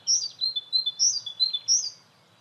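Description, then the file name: Great tit producing a short burst of high, slurred paired notes repeated three times in quick succession. "Parus major"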